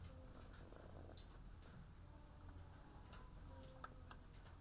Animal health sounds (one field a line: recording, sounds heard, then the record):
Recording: poultry house recording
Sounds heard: sick chickens (respiratory disease)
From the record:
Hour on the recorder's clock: 15